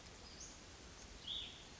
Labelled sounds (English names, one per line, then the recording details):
Cassin's Vireo
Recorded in Sonoma County, California